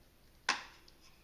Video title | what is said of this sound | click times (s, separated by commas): Review: Arenti solar outdoor PT 2K security camera GO2T $80-100 | in that orientation and pop it back out of the pocket | 0.5 s